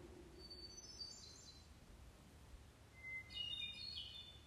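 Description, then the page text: Faint hermit thrush phrases: a clear held whistle followed by higher, fluttering fluty notes, with an earlier soft phrase and a constant low hum. Maryland. "Maryland Biodiversity. Hermit Thrush ( Catharus guttatus )"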